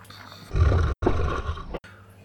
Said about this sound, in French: Et tu la sens tout près de toi qui ronfle, sonore.